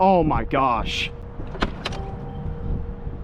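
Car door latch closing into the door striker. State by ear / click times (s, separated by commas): seated / 1.9 s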